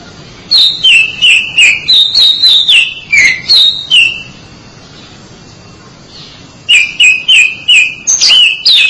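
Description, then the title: Oriental magpie-robin delivering a brisk series of falling whistled notes, a pause, then more repeated whistles. "Suara Kicauan Burung Kacer Durasi Panjang"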